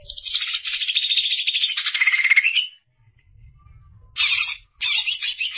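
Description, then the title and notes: Greater green leafbird singing a fast, scratchy warble that drops slightly in pitch, then goes quiet before two short, sharp chattering bursts. Song of a bird described as a champion singer. "Kicau Burung Cucak Ijo Juara. Suara kicauan burung cucak ijo"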